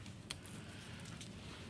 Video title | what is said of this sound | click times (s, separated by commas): Ortho Elbow Brace | hear click and now it's locked | 0.3 s